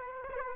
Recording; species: mosquito wingbeat signal from an infrared sensor; Aedes aegypti